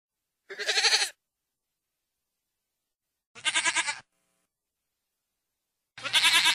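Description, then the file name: Goat bleats: three trembling cries, a few seconds apart, with quiet gaps between them. "Odglosy zwierzat -koza"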